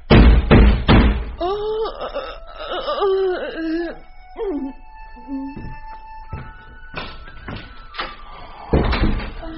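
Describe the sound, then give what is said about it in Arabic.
Three quick, heavy knocks on a door open the sequence, then a voice sounds briefly, and a few more sharp knocks follow, ending with a loud final rap. “سيدي ما ذلك، لم أسمع طرق الباب”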